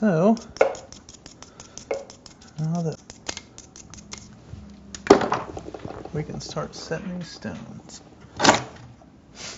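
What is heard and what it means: Someone talks while handling a sapphire for pressing into the cut seat of a metal ring during stone setting. Small sharp metallic ticks and scrapes are heard around 1.9, 3.3, 5.0 and 5.3 seconds. Nothing has seated or clicked yet; the stone is not yet home.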